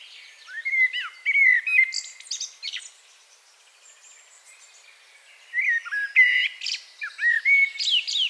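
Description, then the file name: Common blackbird song: warbled whistles and twitters early on, a brief lull, then a second lively phrase of slurred notes and chatter. "Turdus merula"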